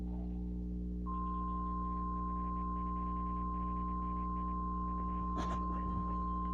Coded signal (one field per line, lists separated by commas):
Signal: Emergency Alert System (SAME) tones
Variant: 1050 Hz attention tone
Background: speech, music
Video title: RWT On WZ2560! (EAS #42)